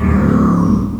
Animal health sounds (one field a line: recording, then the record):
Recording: squeal of a Yucatan mini pig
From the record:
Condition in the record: after surgery on the right vocal fold (resection and tissue-engineered implant)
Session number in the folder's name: 14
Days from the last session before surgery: 133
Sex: female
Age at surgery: 19 weeks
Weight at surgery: 25 kg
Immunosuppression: prednisolone